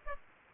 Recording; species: mosquito wingbeat signal from an infrared sensor; Aedes aegypti